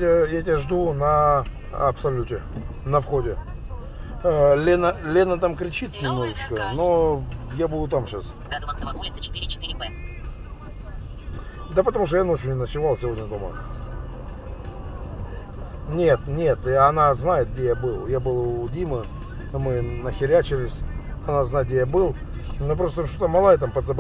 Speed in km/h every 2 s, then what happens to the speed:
16, 15, 11, 13, 13, 16, 13, 15, 19, 23, 23, 19.
0-13 steady at about 13. 13-19 speeds up to 23.